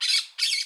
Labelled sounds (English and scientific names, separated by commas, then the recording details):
Brown-throated Parakeet (Eupsittula pertinax) contact call
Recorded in Curacao
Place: Hoffi Jan Thiel
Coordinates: 12.094, -68.877